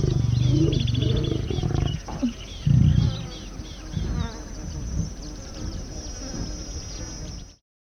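Animal mating call: deep, harmonic roaring bursts in the first two seconds and again near three seconds, then quieter low grunts and rumbles until it ends.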